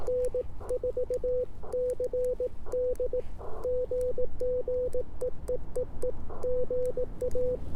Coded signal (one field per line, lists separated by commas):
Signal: Morse code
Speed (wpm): 19 wpm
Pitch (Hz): 500 Hz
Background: none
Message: N4CD GG EEEE GA